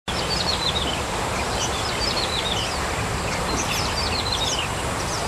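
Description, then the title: Bar-winged prinia: short cascades of thin, high chirps sloping downward, heard several times amid steady hissing noise. "Suara Burung Ciblek"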